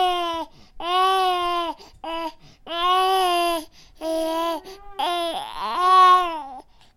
Newborn Baby cry.